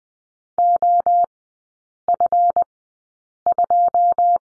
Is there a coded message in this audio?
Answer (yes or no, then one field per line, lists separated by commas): yes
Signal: Morse code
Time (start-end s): 0.6-4.4 s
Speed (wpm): 20 wpm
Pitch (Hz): 700 Hz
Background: none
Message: OF2